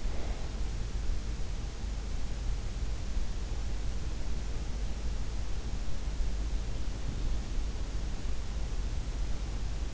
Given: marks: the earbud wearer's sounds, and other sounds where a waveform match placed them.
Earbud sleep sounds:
sounds in sleep by an in-ear microphone; breath
0.00-0.72 s: breath

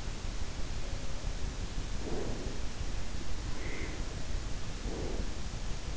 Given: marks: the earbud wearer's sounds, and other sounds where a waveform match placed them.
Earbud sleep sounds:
sounds in sleep by an in-ear microphone; breath
0.91-2.79 s: breath
3.30-5.61 s: breath

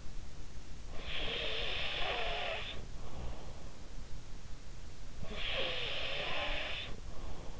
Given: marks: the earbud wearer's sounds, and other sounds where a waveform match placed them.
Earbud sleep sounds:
sounds in sleep by an in-ear microphone; snoring breath
0.79-3.60 s: snoring breath
5.25-7.60 s: snoring breath

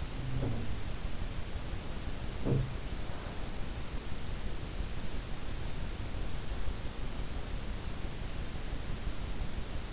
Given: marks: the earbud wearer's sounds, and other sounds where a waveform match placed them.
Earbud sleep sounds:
sounds in sleep by an in-ear microphone; snoring breath
0.00-0.77 s: snoring breath
2.26-2.88 s: sound from someone else or the room

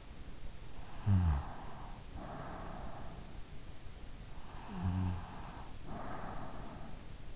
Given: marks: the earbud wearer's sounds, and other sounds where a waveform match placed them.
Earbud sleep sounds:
sounds in sleep by an in-ear microphone; snoring breath
0.73-3.38 s: snoring breath
4.53-6.93 s: snoring breath

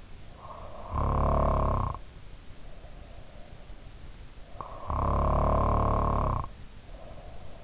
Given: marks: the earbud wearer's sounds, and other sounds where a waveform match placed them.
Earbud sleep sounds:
sounds in sleep by an in-ear microphone; snoring breath
0.50-3.47 s: snoring breath
4.61-7.64 s: snoring breath

